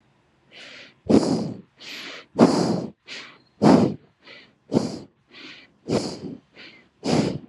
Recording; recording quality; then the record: shallow breathing; excellent, no background noise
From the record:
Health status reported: COVID-19 positive, mild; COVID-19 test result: positive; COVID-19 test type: RT-PCR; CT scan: not taken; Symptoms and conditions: cough, cold, fever, muscle pain, diarrhoea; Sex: female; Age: 28 years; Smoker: no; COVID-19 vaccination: both doses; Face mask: not worn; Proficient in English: yes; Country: India